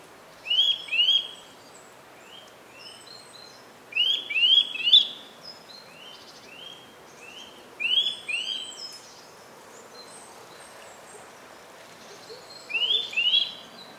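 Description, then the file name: Eurasian nuthatch calls: clear upslurred whistles given in quick pairs and short bursts, pausing between groups. "Sitta europaea"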